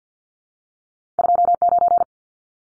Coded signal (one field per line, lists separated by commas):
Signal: Morse code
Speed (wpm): 50 wpm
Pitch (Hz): 700 Hz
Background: none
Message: 29